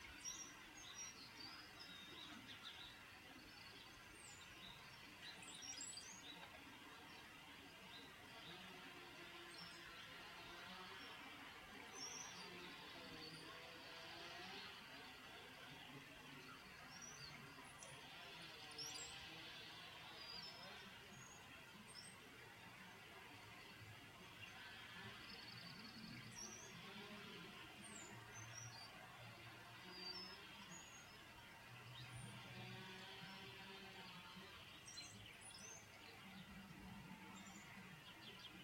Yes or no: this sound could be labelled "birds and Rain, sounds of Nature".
yes